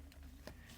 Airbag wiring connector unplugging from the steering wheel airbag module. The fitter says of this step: so get under there there's one click and there's the second click and just like